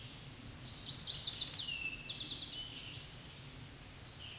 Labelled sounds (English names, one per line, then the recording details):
Chestnut-sided Warbler song
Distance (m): 15 m
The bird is about level with the microphone
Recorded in a Pennsylvania forest on 16 May 2024 at 07:05
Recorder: AudioMoth, point MSD-2166
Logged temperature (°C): 16.3 °C
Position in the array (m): 123 m, 5 m